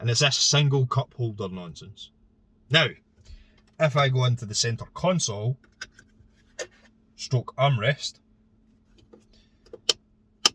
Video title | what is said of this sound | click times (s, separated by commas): Polestar 2 - First Impressions & Interior Overview | and you'll hear 2 clicks, | 9.9 s, 10.5 s